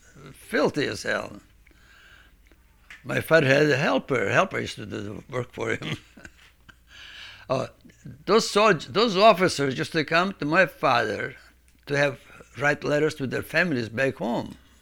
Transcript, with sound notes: filthy as Hell. My father had a helper. The helper used to do the work for him. (he laughs) Those sold--, those officers used to come to my father to have, write letters to their families back home